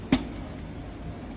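A part is pressed into its slot or holder from one side, giving a single short knock-like hit at 0.1 s over a low, steady background. The part is pushed in only partly and has not gone all the way home.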